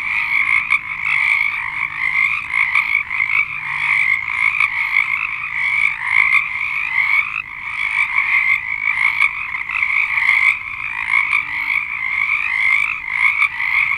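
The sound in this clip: Dense frog chorus lasting the whole stretch, overlapping trills forming a steady pulsing wall of sound.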